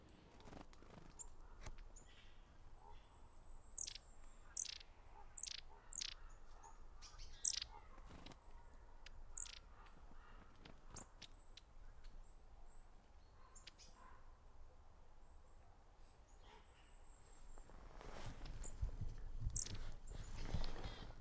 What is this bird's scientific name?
Aegithalos caudatus